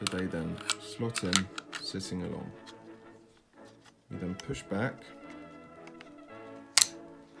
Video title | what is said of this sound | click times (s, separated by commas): WWII : Spreewerk P-38 | until you hear an audible click. | 6.8 s